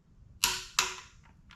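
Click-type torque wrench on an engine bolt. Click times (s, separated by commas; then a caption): 0.4 s, 0.8 s. A click-type torque wrench set to 70 ft-lb tightens a bolt on an engine until it clicks. Two sharp metallic clicks ring out at 0.4 s and 0.8 s, each decaying quickly, followed by faint light ticks. The wrench clicks at 70 ft-lb, confirming the bolt is torqued.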